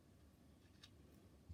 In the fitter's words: There we go. Hear it click.